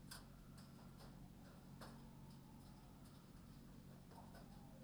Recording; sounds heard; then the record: poultry house recording; healthy chickens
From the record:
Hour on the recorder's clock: 21